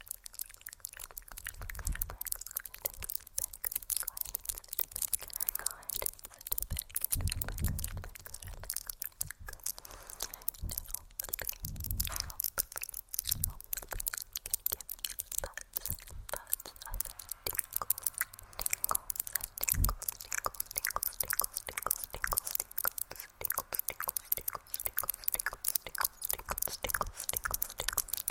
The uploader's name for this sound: Hair Play & Nail Tapping (Inaudible Whispering)